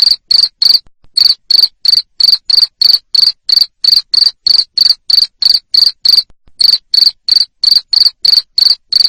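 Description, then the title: Cricket chirping in a fast, regular train of shrill pulses, interrupted by two brief pauses. Loud cricket chirping used to make lovebirds keep singing (ngekek). "Suara JANGKRIK NGERIK Keras Bikin LOVEBIRD Jadi NGEKEK Terus Vubey"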